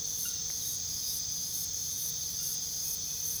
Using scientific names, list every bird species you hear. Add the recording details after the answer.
none. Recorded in pastures near Puerto Asís, Putumayo, Colombia, on 21 February 2024 at 04:00. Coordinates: 0.486, -76.323. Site G6462